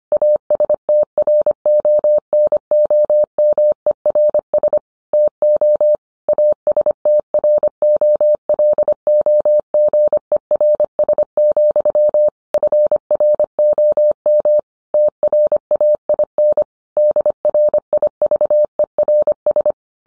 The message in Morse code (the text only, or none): ASTRONOMERS TO ASTROLOGERS, FROM TRAIN DRIVERS